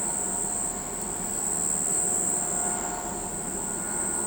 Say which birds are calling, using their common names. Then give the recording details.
none. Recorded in pastures near Pivijay, Magdalena, Colombia, on 17 April 2023 at 05:00. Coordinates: 10.456, -74.369. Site P6-G026